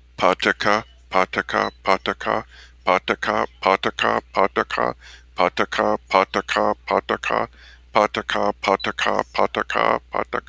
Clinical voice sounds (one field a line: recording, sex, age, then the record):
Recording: repeated syllables /pa ta ka/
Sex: male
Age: 50 to 59 years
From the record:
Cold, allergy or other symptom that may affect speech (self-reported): no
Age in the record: 58 years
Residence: Minnesota, United States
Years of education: 14